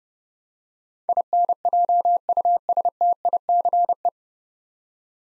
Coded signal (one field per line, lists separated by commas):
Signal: Morse code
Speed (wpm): 30 wpm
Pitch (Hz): 700 Hz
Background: none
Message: INJUSTICE